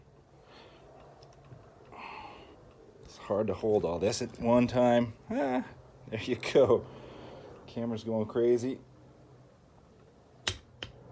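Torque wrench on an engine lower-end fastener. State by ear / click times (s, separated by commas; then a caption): torque reached / 10.5 s. A fastener on the lower end of a Yamaha TTR125 motorcycle engine is tightened with a torque wrench while the assembly is held, as someone talks throughout. The wrench gives a sharp click at its set value at 10.5 s, followed by a fainter tick at 10.8 s, with the torque set at 43 foot-pounds.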